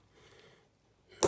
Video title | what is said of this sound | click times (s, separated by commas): E38 shoulder support gear repair | you see it you heard the smack it's in now | 1.2 s